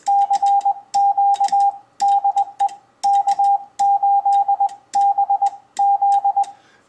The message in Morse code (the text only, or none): CQ DE K8BZ